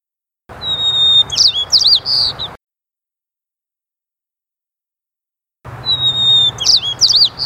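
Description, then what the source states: White-crowned sparrow singing twice, each phrase opening with a pure whistle and breaking into quick, slurred, zigzagging notes, with a few seconds of silence between songs. Called the cheerleader of spring; arrives in the Pacific Northwest as the varied thrush departs.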